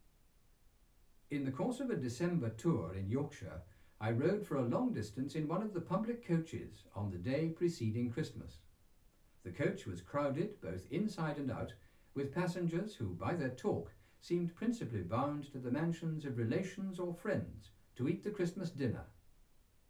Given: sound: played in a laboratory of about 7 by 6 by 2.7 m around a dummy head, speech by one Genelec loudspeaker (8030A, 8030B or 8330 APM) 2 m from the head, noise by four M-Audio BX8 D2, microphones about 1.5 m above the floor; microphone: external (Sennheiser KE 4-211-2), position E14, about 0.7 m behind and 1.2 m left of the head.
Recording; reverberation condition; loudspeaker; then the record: male speech in English; low; 60 degrees to the right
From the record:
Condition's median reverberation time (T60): about 310 ms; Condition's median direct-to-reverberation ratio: about 3.5 dB